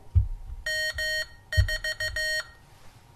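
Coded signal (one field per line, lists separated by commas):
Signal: Morse code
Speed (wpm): 15 wpm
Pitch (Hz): 1850 Hz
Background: none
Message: M 4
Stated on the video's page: Morse from a home-built Morserino-32 Morse code training and practice kit.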